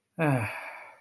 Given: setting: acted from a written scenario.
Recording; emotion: vocal sound without words; contentment